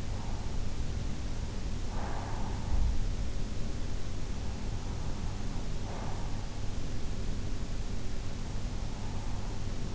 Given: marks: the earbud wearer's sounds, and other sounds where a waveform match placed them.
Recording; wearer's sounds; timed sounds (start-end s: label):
sounds in sleep by an in-ear microphone; breath
0.00-3.06 s: breath